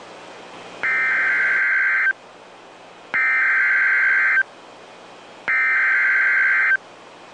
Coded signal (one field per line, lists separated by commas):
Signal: Emergency Alert System (SAME) tones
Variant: header bursts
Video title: "METROPLEX MAYHEM" - An EAS Scenario